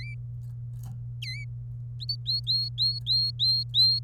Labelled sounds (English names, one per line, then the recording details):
Domestic Canary song
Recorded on 27 April 2018 at 13:34
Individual llb3